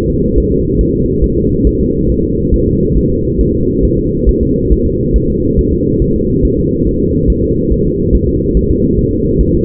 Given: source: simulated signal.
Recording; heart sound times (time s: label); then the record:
fetal heart sounds
0.10 s: S2
0.38 s: S1
0.52 s: S2
0.81 s: S1
0.95 s: S2
1.24 s: S1
1.38 s: S2
1.67 s: S1
1.81 s: S2
2.10 s: S1
2.24 s: S2
2.54 s: S1
2.68 s: S2
2.97 s: S1
3.12 s: S2
3.41 s: S1
3.55 s: S2
3.85 s: S1
3.99 s: S2
4.29 s: S1
4.43 s: S2
4.72 s: S1
4.87 s: S2
5.16 s: S1
5.30 s: S2
5.59 s: S1
5.73 s: S2
6.02 s: S1
6.16 s: S2
6.45 s: S1
6.59 s: S2
6.87 s: S1
7.02 s: S2
7.30 s: S1
7.44 s: S2
7.72 s: S1
7.87 s: S2
8.15 s: S1
8.29 s: S2
8.57 s: S1
8.71 s: S2
8.99 s: S1
9.13 s: S2
9.41 s: S1
9.55 s: S2
From the record:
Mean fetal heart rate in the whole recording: 140 bpm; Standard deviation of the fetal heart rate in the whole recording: 2 bpm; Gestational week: 34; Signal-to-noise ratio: -14.7 dB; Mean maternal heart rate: 72 bpm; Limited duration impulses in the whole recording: present